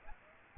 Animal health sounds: mosquito wingbeat signal from an infrared sensor; Aedes aegypti

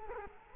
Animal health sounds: mosquito wingbeat signal from an infrared sensor; Culex quinquefasciatus

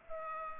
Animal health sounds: mosquito wingbeat signal from an infrared sensor; Culex pipiens

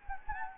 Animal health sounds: mosquito wingbeat signal from an infrared sensor; Anopheles gambiae

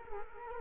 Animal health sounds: mosquito wingbeat signal from an infrared sensor; Culex quinquefasciatus

